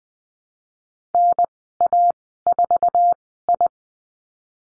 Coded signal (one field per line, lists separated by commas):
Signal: Morse code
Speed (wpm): 20 wpm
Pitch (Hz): 700 Hz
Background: none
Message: NA4I